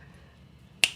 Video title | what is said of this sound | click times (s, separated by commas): DOG GROOMING COMB ATTACHMENTS Explained | Snap-on comb. It snaps into place on top of the blade. See that? | 0.8 s